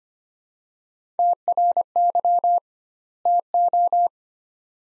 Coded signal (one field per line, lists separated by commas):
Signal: Morse code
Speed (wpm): 25 wpm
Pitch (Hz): 700 Hz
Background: none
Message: TRY TO